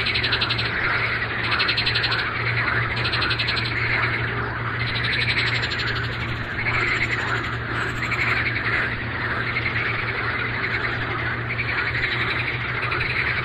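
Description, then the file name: Marsh frogs croaking in rattling pulsed bursts roughly every second or two, layered into a constant chorus above a low droning hum. "Pelophylax ridibundus"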